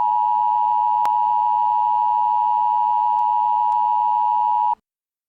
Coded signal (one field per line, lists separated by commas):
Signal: Emergency Alert System (SAME) tones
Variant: 853 and 960 Hz attention tone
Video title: Z25 Virus EAS Scenario